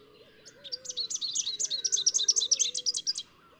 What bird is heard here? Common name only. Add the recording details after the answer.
Rufous-capped Warbler. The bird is a female. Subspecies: rufifrons. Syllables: 28. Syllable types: 10. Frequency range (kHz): 2.9-8.4 kHz. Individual CS-R15-F